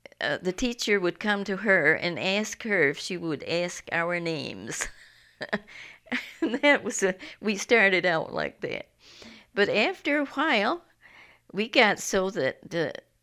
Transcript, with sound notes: the teacher would come to here and ask her if she would ask our names. (she laughs) And that was, we started out like that. But after awhile, we got so that,